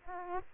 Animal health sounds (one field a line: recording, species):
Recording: mosquito wingbeat signal from an infrared sensor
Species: Aedes aegypti